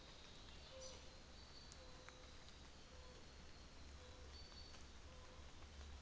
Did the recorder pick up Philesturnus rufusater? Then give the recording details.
no. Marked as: faintness 3/5. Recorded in New Zealand on 24 December 2018. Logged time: 09:00